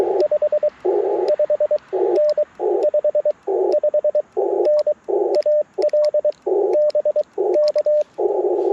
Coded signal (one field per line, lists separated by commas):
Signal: Morse code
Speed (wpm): 21 wpm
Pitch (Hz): 590 Hz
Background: radio noise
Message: 55N 55N AL BK